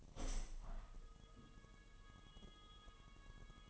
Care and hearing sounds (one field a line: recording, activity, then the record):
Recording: daily activity, microphone in the room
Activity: open window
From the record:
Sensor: 4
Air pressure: 1000.7 hPa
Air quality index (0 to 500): 243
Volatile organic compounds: 40 ppm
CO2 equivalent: 3153 ppm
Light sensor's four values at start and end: 9/20/8/7 and 9/20/8/8